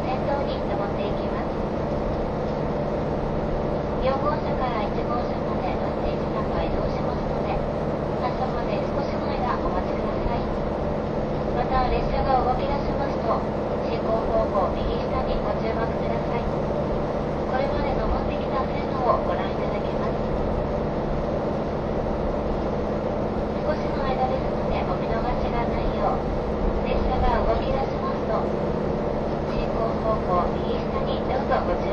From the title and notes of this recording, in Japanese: キハ183系 あそぼーい103号01 熊本～宮地。流浪の車両であるJR九州キハ183系、ようやく安住の列車となる”あそぼーい！103号”を収録したものです。走行音。